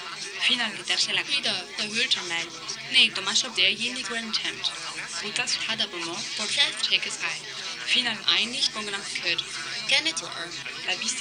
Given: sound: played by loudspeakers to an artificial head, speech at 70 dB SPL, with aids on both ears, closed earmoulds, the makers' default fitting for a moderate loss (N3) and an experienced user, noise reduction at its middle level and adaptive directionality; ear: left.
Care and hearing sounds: speech test signal (ISTS) in cocktail-party noise; 0 dB; in front (0 degrees)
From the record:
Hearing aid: class 2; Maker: A

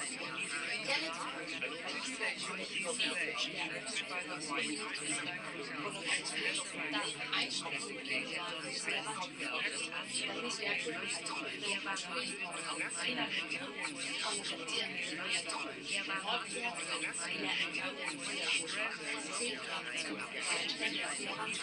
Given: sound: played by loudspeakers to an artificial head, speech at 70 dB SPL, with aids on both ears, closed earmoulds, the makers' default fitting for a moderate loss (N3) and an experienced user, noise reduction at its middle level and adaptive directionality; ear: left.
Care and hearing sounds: speech test signal (ISTS) in cocktail-party noise; -6 dB; on the right (90 degrees)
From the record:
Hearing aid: class 2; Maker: I

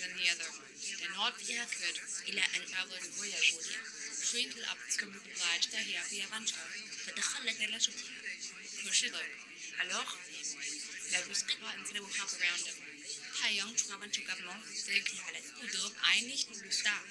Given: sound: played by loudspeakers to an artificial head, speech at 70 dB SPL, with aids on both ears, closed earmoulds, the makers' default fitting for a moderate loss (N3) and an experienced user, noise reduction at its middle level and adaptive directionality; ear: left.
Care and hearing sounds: speech test signal (ISTS) in cocktail-party noise; -3 dB; in front (0 degrees)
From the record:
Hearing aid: class 1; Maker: J

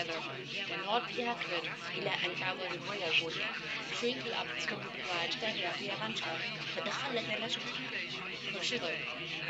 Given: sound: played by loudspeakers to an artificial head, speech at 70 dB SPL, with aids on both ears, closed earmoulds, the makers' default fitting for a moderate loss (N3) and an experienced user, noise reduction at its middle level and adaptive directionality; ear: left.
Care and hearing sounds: speech test signal (ISTS) in cocktail-party noise; -3 dB; in front (0 degrees)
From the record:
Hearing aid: class 1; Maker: F

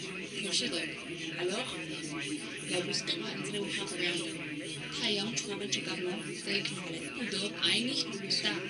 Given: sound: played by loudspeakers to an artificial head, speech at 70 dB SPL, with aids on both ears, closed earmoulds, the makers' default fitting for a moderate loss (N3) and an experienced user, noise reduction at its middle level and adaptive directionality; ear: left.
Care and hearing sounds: speech test signal (ISTS) in cocktail-party noise; 0 dB; on the right (90 degrees)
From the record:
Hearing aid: class 2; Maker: B

